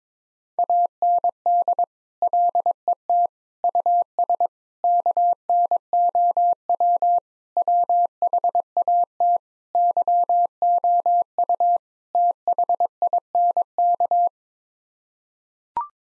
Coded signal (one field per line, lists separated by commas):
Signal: Morse code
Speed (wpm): 21 wpm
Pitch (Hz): 700 Hz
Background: none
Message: AND LET US KNOW WHAT YOU THINK